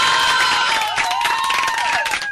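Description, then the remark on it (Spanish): A crowd applauds the women loudly with dense, steady clapping, while shrill whistles and cheers rise and fall above it throughout. “Un aplauso para las mujeres, ahora un aplauso fuerte.”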